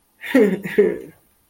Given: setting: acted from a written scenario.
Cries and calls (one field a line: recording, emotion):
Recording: vocal sound without words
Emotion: embarrassment